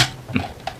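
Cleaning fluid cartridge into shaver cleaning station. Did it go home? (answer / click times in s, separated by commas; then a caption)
no / none. A shaver cleaning-fluid cartridge, unwrapped, is handled and pushed toward the plastic base of the cleaning station with its recessed side facing forward. Brief handling noises are heard, with sharp taps at about 0.4 s and 0.7 s. Nothing has seated or clicked into place yet.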